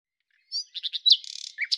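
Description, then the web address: Common nightingale phrase: a few quick notes, a sharp high note, then a fast dry rattle and two closing notes, brief and clean. "cianscape birddata Deverinetal 2025 Bird Lu Me"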